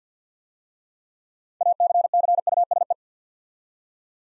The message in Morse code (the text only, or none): ACCUSE